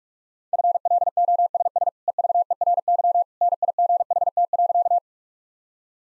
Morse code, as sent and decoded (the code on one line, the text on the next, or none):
..-. .-.. --- ... ... / . ...- . .-. -.-- / -. .. --. .... - .-.-.-
FLOSS EVERY NIGHT.